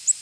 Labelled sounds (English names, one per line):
Ovenbird flight call